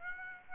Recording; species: mosquito wingbeat signal from an infrared sensor; Aedes aegypti